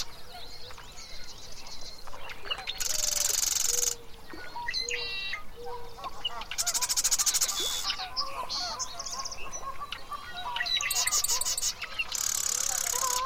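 Insects at a mountain lake buzz in loud, bright bursts lasting a second or so, over steady birdsong, chirps and a low rumble.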